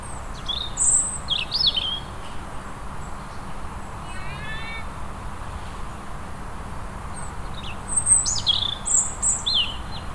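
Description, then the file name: European robin song: high thin whistled notes near the start and end, with a short buzzy trill in the middle, over low background noise. "Erithacus rubecula"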